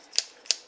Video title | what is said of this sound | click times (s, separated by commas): TIANLUG 6 in 1 Multifunction Folding EMT Shears | like that they locked into place and | 0.2 s, 0.5 s